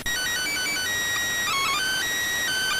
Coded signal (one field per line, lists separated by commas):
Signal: SSTV (slow-scan television)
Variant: PD 290